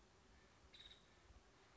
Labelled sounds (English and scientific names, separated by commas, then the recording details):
Nuttall's Woodpecker (Dryobates nuttallii)
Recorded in Sonoma County, California